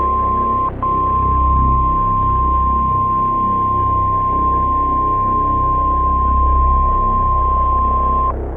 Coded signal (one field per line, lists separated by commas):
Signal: Emergency Alert System (SAME) tones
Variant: 1050 Hz attention tone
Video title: OKC & TULSA’S DESTRUCTION - EAS Alerts From 5/6/24 - 5/724 (EAS #1668-1679)